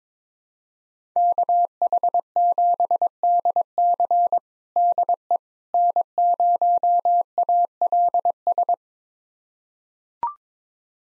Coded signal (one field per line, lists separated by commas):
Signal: Morse code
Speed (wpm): 22 wpm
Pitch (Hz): 700 Hz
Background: none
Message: KH7DC DE N0ALS